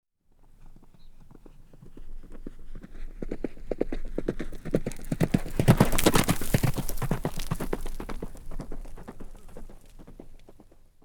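Horse galloping fast, drumming hoofbeats swelling to a loud peak midway and then fading away as it passes by.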